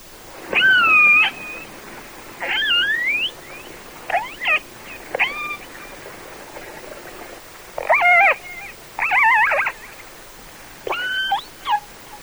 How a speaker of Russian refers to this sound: А вот услышанный подводным микрофоном голос кита касатки.